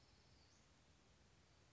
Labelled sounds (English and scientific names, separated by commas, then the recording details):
Western Flycatcher (Empidonax difficilis)
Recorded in Sonoma County, California